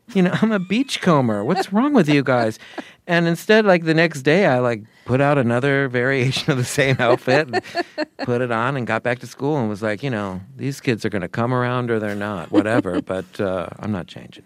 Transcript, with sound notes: You know, I'm a beachcomber. What's wrong with you guys?
(Laughter).
And instead, like, the next day, I, like, put out another variation of the same outfit and put it on and got back to school and was like, you know, these kids are going to come around or they're not - whatever. But I'm not changing.